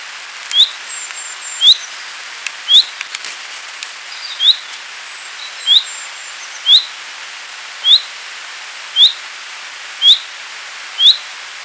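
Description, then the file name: Common chaffinch repeating a short, bright call note about every second, ten notes, with faint clicks and thin faint chirps over steady hiss. "Fringilla coelebs"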